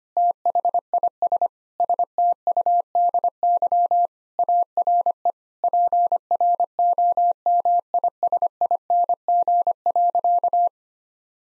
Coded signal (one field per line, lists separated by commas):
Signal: Morse code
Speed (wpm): 25 wpm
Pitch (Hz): 700 Hz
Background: none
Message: THIS STUDY ARE PROMISING.